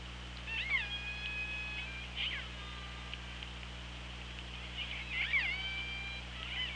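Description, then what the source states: Killer whale calls: harmonic sweeping tones rising and falling in a few bursts, over a steady low underwater hum and hiss. OrcaLab hydrophone recording, 24 August 2017 at 17:29:08.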